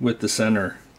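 Someone talks while reassembling an ASUS Eee Pad Transformer Prime tablet keyboard dock, about to press its plastic bottom case onto the keyboard deck at the centre, near the touchpad and space bar. The case's plastic snap clips are being handled, but nothing has seated or clicked yet.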